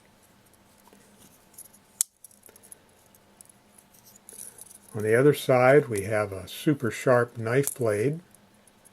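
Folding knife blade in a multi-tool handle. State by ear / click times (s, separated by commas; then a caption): not seated / none. The small metal knife blade of a Leatherman Squirt keychain multi-tool is handled in its folding handle, with faint ticks and one sharp tap near 2.0 s, and someone talks from about 5 s onward. The blade has not yet snapped into its open position; nothing has seated or clicked by the end of the clip.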